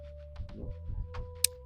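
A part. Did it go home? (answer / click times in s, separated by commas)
yes / 1.4 s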